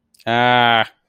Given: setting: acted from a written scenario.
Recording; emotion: vocal sound without words; negative surprise